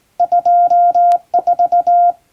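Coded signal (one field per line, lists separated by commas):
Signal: Morse code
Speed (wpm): 20 wpm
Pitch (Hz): 700 Hz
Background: none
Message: 24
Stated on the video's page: Hand-sent English-language radiogram practice in Morse on a JRC marine telegraph key, the type favoured by ship radio operators.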